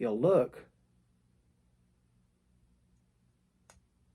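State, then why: Seated. Someone talks briefly at the start, then after a quiet stretch a hex screwdriver bit with no detent ball is lightly pushed into the magnetic bit holder of an Ozark Trail Multiforce multitool. A short, sharp click at 3.7 s marks the bit popping into the holder with barely a touch. It stays seated, held in by the magnet.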